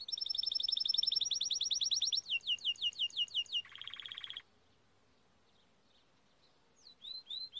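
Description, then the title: Timbrado canary song: a rapid high trill, then slower sweeping notes and a low buzzy roll, a silent gap, and a few swooping notes returning. Timbrado canary song used as a training recording. "Canary Bird Singing - Timbrado training video"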